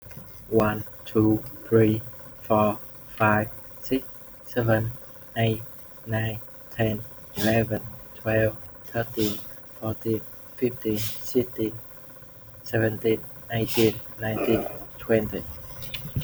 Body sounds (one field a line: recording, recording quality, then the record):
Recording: counting at a normal pace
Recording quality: excellent, no background noise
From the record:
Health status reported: healthy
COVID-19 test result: not tested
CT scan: not taken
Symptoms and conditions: cough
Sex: male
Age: 28 years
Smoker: no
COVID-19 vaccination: none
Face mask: not worn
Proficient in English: yes